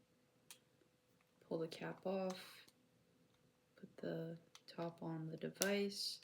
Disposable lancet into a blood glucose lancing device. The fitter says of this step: Insert the lancet into the device till I hear the click.